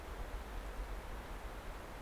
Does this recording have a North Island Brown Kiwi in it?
no